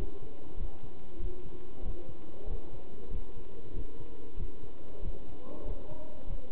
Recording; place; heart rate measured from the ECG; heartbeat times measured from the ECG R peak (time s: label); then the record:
heart sounds by stethoscope; between the tricuspid and mitral areas; 95 bpm
0.58 s: heartbeat
1.20 s: heartbeat
1.83 s: heartbeat
2.48 s: heartbeat
3.11 s: heartbeat
3.74 s: heartbeat
4.38 s: heartbeat
5.03 s: heartbeat
5.66 s: heartbeat
6.28 s: heartbeat
From the record:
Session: pedaling a stationary bicycle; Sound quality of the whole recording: good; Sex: male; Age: 27 years